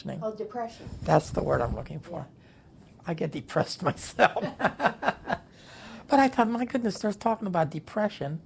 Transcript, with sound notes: Oh, depression.
That's the word I'm looking for. I get depressed (both laugh) But I thought, "My goodness, they're talking about depression,